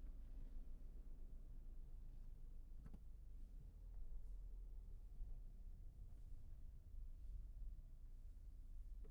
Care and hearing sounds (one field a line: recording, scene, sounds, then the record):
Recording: everyday scene through a hearing-aid microphone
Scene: in a vehicle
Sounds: engine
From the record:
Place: Berlingo II, diesel engine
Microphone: behind the ear, left, rear